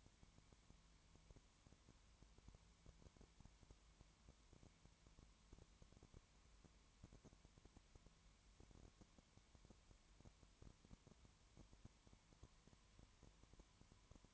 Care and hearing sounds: daily activity, microphone in the room; no activity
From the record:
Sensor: 3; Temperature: 20.1 degrees Celsius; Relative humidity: 31.4%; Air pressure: 1001.3 hPa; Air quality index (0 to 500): 75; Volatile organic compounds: 1 ppm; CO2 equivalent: 700 ppm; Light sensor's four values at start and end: 2/3/2/2 and 2/3/2/2

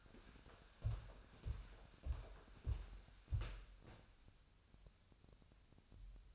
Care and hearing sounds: daily activity, microphone in the room; walk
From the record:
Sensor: 2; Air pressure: 1015.2 hPa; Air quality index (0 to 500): 110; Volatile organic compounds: 3 ppm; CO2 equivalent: 1398 ppm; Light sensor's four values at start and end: 14/38/15/17 and 14/37/15/17

